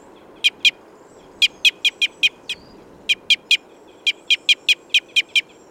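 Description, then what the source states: Red crossbill uttering crisp, high kip notes in uneven clusters, a dozen or more calls with brief gaps, over quiet low-frequency noise. Type N call type.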